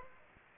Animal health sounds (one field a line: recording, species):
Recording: mosquito wingbeat signal from an infrared sensor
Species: Aedes aegypti